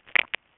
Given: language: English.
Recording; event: throat vibration sensor signal played as sound; swallow